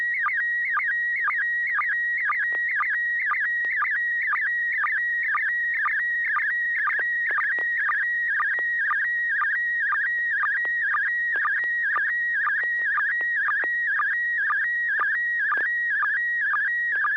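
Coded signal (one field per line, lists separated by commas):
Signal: SSTV (slow-scan television)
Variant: PD120 mode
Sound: warbling, whistling tone with steady rhythmic chirps about twice a second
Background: low steady hum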